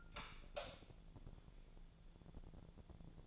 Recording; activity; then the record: daily activity, microphone in the room; light on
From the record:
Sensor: 5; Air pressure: 1000.2 hPa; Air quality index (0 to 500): 99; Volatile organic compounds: 1 ppm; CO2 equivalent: 804 ppm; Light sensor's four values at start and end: 208/495/211/232 and 209/500/213/234